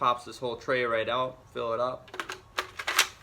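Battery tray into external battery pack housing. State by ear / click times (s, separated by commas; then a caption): not seated / none. A battery tray, filled with batteries, is pushed back into the housing of a Cuddeback Dual Power Bank Model 3563 external battery pack. Someone talks, then a run of sharp plastic clatters and knocks comes from about 2.6 to 3.0 seconds. The clip ends before the tray goes home, and nothing has seated or clicked yet.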